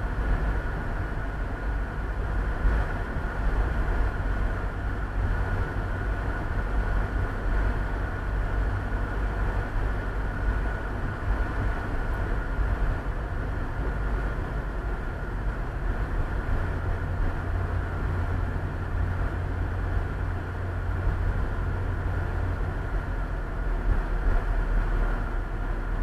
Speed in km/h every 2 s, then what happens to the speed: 28, 28, 26, 28, 27, 28, 29, 27, 25, 24, 24, 25, 22.
0-26 steady at about 27.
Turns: none.